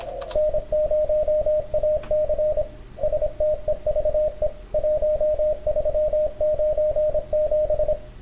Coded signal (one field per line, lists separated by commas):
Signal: Morse code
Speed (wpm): 26 wpm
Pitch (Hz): 620 Hz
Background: radio noise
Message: N0AC STEVE 1397